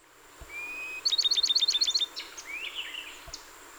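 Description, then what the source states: Bachman's sparrow song, a long thin whistled note leading into a rapid trill of about eight sharp notes, followed by a softer buzzy phrase. Recorded 30 April 2019; 27 songs.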